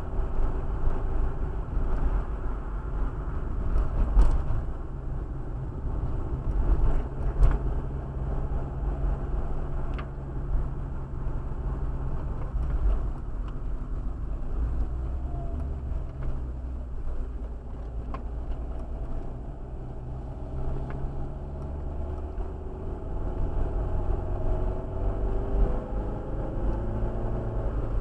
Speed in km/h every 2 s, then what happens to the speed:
45, 41, 38, 38, 41, 39, 37, 30, 22, 24, 32, 35, 41, 46.
0-4 slows to 38. 4-11 steady at about 38. 11-16 slows to 22. 16-25 speeds up to 46.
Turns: 13-20.